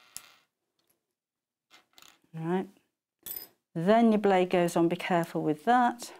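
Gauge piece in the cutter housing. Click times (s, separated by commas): 0.2 s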